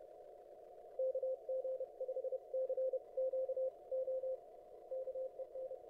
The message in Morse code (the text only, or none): KG5C QO KEN